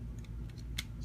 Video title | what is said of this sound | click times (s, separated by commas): Throwback Thursday Review Device Label Soundwave | slide it up diagonally until it clicks. | 0.8 s